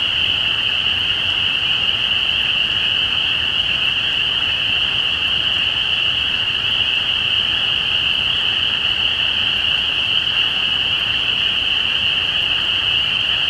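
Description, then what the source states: Spring peeper chorus, a thick wall of high piercing peeps blending into a constant shrill whine, with no pauses throughout. Recorded at Easter 2017.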